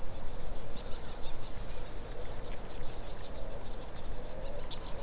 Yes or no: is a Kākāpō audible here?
no